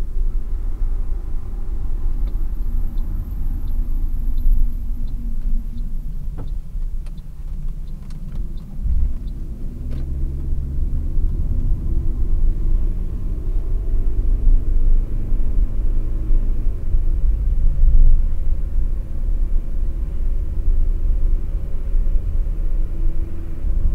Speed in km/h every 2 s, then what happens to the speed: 40, 33, 26, 20, 24, 30, 37, 42, 46, 48, 49, 50.
0-7 slows to 20. 7-24 speeds up to 50.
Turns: none.